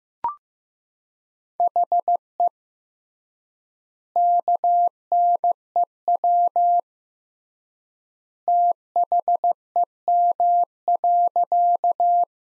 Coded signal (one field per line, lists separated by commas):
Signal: Morse code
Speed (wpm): 15 wpm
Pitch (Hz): 700 Hz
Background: none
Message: HE KNEW THEM.